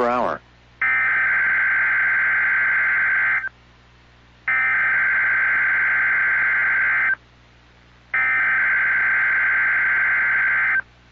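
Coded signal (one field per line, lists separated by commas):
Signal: Emergency Alert System (SAME) tones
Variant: header bursts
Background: speech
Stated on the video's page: Real EAS tornado drills recorded in Central Virginia.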